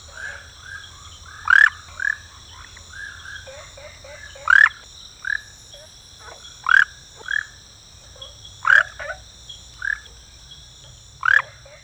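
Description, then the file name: Tree frog giving short, rising, croaky notes roughly every two to three seconds, with softer lower clucks between them and a steady high hum throughout. "Rhacophorus smaragdinus"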